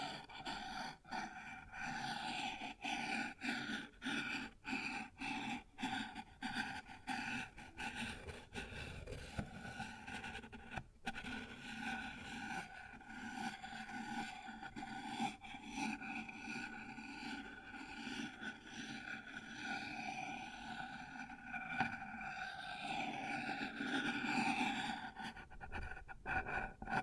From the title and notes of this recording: ASMR Sounds on Wooden Surface (No Talking).